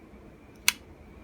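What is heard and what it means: The blade of a Rough Ryder Black & Blue Sunfish slipjoint pocket knife with bone handle scales is closed into its handle. The backspring snaps it home with a single sharp click at 0.7 s over a quiet background. The blade closes solidly.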